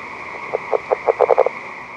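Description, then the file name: California red-legged frog giving a short run of low knocking pulses, quickening toward the end, against a constant background drone. "r draytonii"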